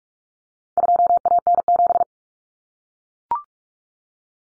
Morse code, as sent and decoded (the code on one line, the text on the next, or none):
..--- .- -. --...
2AN7